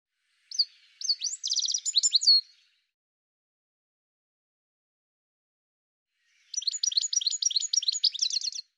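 Bird sings two phrases of high, rapid chirps, with nearly four seconds of silence between them.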